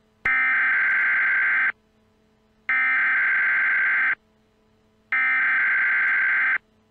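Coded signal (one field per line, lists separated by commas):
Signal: Emergency Alert System (SAME) tones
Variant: header bursts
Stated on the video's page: Fictional EAS scenario, not a real alert.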